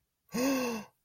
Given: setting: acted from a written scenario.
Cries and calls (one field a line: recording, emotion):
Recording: vocal sound without words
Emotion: positive surprise